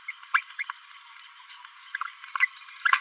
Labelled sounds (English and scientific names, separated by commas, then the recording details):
Green-rumped Parrotlet (Forpus passerinus) babbling
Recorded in a nest box in Venezuela
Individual 18B17A4